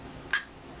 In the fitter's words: and it snapped into place now